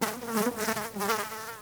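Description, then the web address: Fly buzzing continuously, a low droning hum that wavers in pitch and swells and fades. Fly buzz recorded close up. "Soulframe Sounds. Insect Fly Buzz Close"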